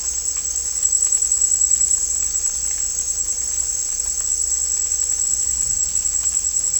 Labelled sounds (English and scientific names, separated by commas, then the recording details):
none
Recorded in dense forest near Puerto Asís, Putumayo, Colombia, on 16 December 2024 at 17:30
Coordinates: 0.499, -76.324
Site G045